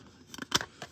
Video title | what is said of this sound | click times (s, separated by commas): Eye lens test | it just pops right inside that ring maybe a couple dabs of of uh e6 | 0.6 s